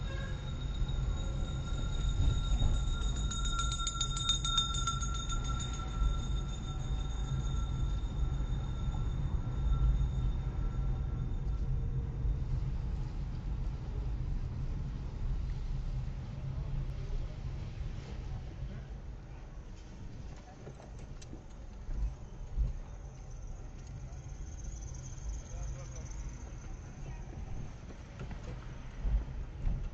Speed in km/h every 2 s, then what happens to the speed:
19, 21, 22, 24, 24, 23, 21, 18, 15, 6, 5, 8, 10, 6, 8.
0-9 steady at about 22. 9-19 slows to 5. 19-30 steady at about 8.